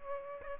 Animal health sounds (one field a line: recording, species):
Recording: mosquito wingbeat signal from an infrared sensor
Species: Aedes aegypti